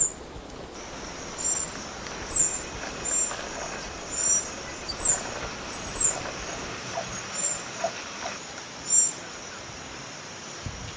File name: canto da saira sapucaia